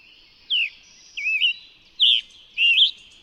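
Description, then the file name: Scarlet tanager giving four raspy, burry song phrases, some falling, some wavering up and down, in a short steady sequence. Recorded in New York. "scarlet tanager NY"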